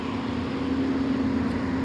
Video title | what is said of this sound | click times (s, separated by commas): 20231222 2006 Toyota Corolla Bosh pure vision wiper blade install | up there it went in and but you notice there wasn't a click | none